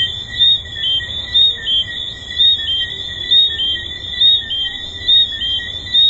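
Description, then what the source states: Tree frogs calling, sharp rising chirps pulsing about every second over a continuous high ringing chorus. Recorded at Hedonism II resort.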